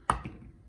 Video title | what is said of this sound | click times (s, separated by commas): Deal Alert - Portable Fans for Power Outage, Off-Grid, or Travel | if you would want to, but it kind of locks in place there. | 0.1 s